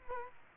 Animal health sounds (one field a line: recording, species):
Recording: mosquito wingbeat signal from an infrared sensor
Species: Culex quinquefasciatus